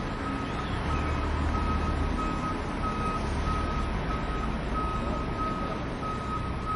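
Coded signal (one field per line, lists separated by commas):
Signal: alarm pattern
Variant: forklift reverse beeper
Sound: steady series of evenly spaced mid-pitched beeps over a rumbling engine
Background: engine noise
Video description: realistic forklift beeping sound effect, mimicking the classic reverse alarm of a fork truck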